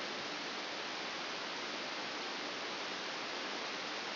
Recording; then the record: brain microelectrode recording played as sound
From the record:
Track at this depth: inside the subthalamic nucleus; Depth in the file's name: 5.263 mm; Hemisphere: left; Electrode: 2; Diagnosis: Parkinson's disease